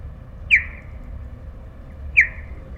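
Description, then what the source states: Bat echolocation calls: two short, sharply downward-sweeping chirps, each with a faint higher overtone, over a low steady hum. After an echo returns, the bat's calls ask what the target is and where it is; heard through a bat detector.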